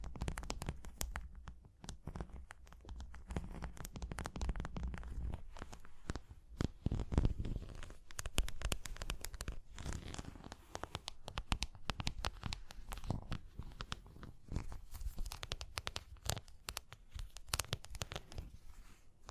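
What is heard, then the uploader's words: Tapping and scratching go on without a break, a dense run of sharp clicks and rasping strokes mixed with papery crinkling. A low rumble sits under the first half, and a louder burst of scraping comes around seven seconds. The pace stays busy and irregular to the end. Tapping and Scratching (No Talking).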